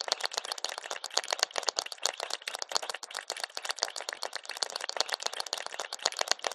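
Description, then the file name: Crab breathing in mud: dense, rapid crackling and popping clicks, like fine bubbles bursting, running continuously without pause. Crab breathing in mud, recorded close up. "zapsplat animals crab"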